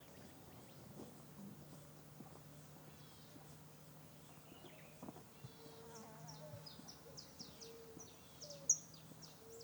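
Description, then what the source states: Bird calls, faint thin high chirps and short notes from several birds, with a low steady hum and soft background hiss. Valley ambience with many birds.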